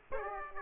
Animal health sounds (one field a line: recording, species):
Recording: mosquito wingbeat signal from an infrared sensor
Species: Aedes aegypti